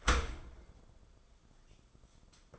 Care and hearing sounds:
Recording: daily activity, microphone in the room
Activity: open dishwasher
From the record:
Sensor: 5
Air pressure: 994.5 hPa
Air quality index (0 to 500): 195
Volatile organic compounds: 1000 ppm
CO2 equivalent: 5763 ppm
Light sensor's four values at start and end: 41/123/48/53 and 41/122/48/53

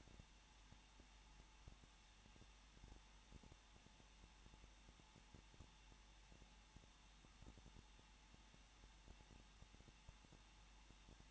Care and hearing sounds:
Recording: daily activity, microphone in the room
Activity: no activity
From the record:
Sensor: 1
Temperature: 20.1 degrees Celsius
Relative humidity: 39.4%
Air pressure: 1006.4 hPa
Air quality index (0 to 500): 219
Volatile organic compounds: 81 ppm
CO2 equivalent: 3612 ppm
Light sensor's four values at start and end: 1/2/1/1 and 1/2/1/1

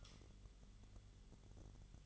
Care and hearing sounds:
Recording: daily activity, microphone in the room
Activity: light off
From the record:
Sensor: 4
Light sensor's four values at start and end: 11/27/10/10 and 11/25/10/9

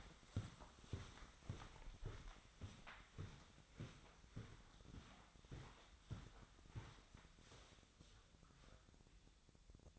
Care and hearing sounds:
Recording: daily activity, microphone in the room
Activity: walk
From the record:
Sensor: 3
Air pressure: 1009.3 hPa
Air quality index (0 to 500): 191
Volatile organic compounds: 4 ppm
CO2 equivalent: 1542 ppm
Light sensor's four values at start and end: 57/148/65/67 and 58/148/65/68

